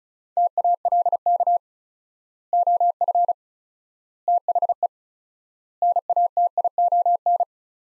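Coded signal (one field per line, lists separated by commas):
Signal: Morse code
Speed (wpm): 36 wpm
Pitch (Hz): 700 Hz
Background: none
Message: TALK OF THE NATION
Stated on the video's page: Morse code practice sets of four words at 35 wpm with 4x word-spacing, a Farnsworth-like method applied to words.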